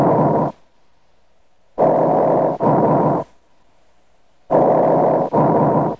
Mainstem bronchi breath sounds are heard over the chest wall on either side of the sternum from the second to the fourth intercostal spaces anteriorly and along the vertebral column from the third to the sixth intercostal spaces posteriorly. Tracheal and mainstem bronchi breath sounds.